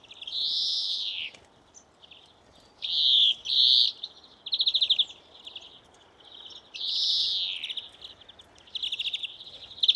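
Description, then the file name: European greenfinch alternating drawn-out nasal wheezes with quick twittering trills. "Chloris chloris"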